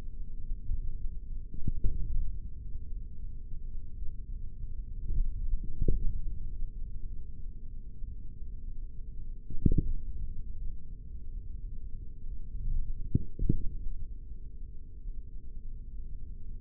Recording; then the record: forearm muscle sounds (acoustic myography)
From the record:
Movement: index flexion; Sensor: system 3, bracelet of six PUI Audio POM-2738L microphones around the upper forearm, with dedicated amplification and filtering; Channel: 3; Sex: male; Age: 43 years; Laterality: right